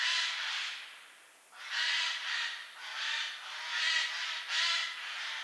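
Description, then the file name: Eurasian jay uttering a steady run of hoarse, grating screeches, some smeared together, with one brief pause early on. "Garrulus glandarius"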